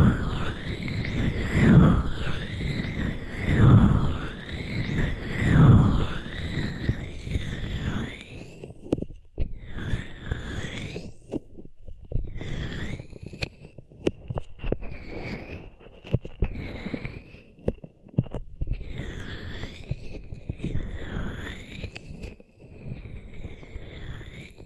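Hands rub over ears, opening with three slow, swelling strokes about two seconds apart, each carrying a deep muffled rumble. After that the rubbing turns lighter and scratchier, with short rustling bursts broken by brief silent gaps. No voice is heard.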